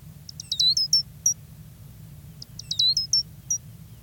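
Gray's lark calls: two short bursts of high, thin chirps with a falling note, about two seconds apart, over a low rumbling background.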